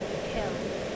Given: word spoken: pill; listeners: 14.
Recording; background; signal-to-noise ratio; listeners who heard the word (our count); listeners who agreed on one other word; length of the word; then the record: one English word in noise, from a listening test; speech-shaped noise; -4.4 dB; 0 of 14; 7 of 14; 0.56 s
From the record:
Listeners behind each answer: 7, 5, 1, 1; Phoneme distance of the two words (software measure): 10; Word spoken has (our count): 1 syllable, 3 phonemes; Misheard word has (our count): 1 syllable, 3 phonemes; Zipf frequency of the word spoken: 3.81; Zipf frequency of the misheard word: 4.71